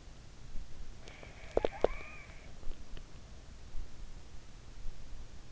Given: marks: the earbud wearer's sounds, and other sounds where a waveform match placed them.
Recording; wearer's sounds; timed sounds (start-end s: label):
sounds in sleep by an in-ear microphone; teeth grinding
1.50-2.02 s: teeth grinding